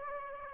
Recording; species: mosquito wingbeat signal from an infrared sensor; Aedes aegypti